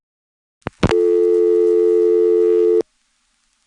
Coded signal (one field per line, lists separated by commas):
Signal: telephone call progress tone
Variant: North America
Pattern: dial tone